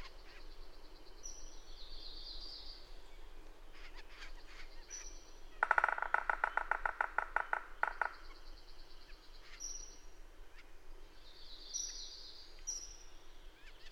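Bird song: high thin whistles and soft fizzy twitters, broken midway by a loud rapid rattle of harsh repeated notes lasting about two seconds.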